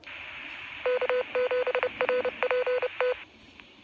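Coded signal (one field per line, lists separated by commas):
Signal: Morse code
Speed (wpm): 30 wpm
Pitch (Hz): 500 Hz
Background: none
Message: K7RPT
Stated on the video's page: Heard on a BaoFeng UV-5R during a daily ARES net on a 147.040 MHz repeater.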